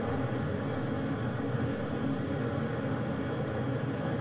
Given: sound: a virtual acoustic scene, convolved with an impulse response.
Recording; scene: olnoise with the full impulse response of the target; living room, symmetric